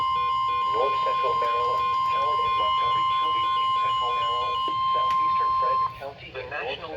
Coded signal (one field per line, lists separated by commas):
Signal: Emergency Alert System (SAME) tones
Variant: 1050 Hz attention tone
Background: speech, music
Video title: The very minimal amount of alerts I caught (eas alerts from July 28th 2026) read description